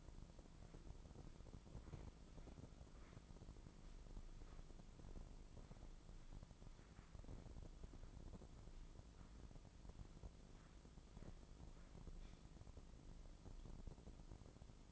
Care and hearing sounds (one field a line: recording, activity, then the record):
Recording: daily activity, microphone in the room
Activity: walk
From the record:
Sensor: 5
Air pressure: 996.1 hPa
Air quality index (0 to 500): 248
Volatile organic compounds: 531 ppm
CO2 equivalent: 4859 ppm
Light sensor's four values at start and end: 195/466/198/217 and 194/464/197/217